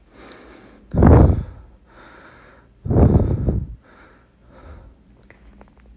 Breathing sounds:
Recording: deep breathing after running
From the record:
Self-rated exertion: moderate exertion (3 of 6)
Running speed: 9 miles an hour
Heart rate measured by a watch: 104 beats a minute at the start, 101 at the end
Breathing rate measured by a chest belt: 21 breaths a minute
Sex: male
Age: 37 years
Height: 174 cm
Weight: 76 kg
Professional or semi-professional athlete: no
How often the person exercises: over 5 times a week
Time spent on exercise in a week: over 5 hours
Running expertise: yes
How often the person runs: 3 to 5 times a week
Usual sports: running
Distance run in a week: 70 km

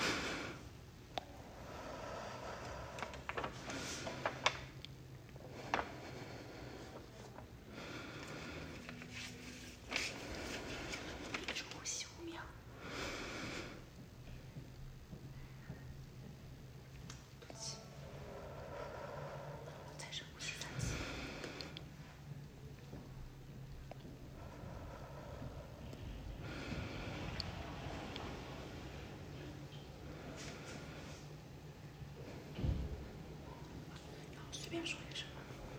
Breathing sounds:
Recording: deep breathing after running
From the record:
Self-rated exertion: very light exertion (1 of 6)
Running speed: 5 miles an hour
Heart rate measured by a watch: 97 beats a minute at the start, 88 at the end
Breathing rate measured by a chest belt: 14 breaths a minute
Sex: female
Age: 58 years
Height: 160 cm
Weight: 52 kg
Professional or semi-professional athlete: no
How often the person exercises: over 5 times a week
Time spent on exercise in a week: over 5 hours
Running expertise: no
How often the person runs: 3 to 5 times a week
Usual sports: running, swimming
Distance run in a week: 30 miles

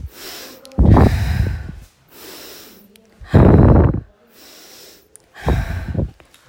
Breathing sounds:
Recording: deep breathing after running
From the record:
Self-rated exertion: moderate exertion (3 of 6)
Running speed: 7 miles an hour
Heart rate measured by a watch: 107 beats a minute at the start, 103 at the end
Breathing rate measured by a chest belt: 22 breaths a minute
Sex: female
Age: 30 years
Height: 160 cm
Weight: 51 kg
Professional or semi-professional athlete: no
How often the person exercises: 3 to 5 times a week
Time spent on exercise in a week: over 5 hours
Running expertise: no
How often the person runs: 3 to 5 times a week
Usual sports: running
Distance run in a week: 60 km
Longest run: 42 km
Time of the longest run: 267 minutes

